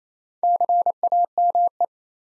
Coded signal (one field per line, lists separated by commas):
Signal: Morse code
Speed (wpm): 37 wpm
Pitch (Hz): 700 Hz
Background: none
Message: CAME